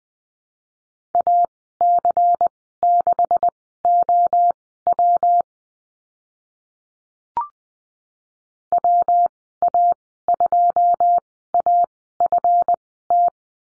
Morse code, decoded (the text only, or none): AC6OW WA2AFT